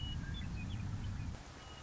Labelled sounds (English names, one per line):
Western Meadowlark